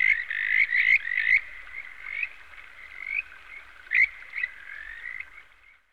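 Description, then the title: Frog croaks, quick rattling notes with loud clustered bursts at the start and again near four seconds, fading into softer trilling calls toward the end. "NHK Sound Effects Collection - 3-Frogs"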